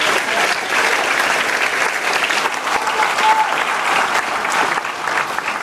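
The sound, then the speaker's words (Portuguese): A church audience applauds the Lord steadily, a dense wash of many hands clapping at an even, sustained loudness for several seconds with no speech over it. “Pode aplaudir ao Senhor por isso.”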